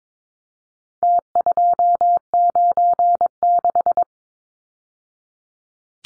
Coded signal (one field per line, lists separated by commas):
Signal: Morse code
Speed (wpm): 22 wpm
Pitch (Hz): 700 Hz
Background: none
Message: T296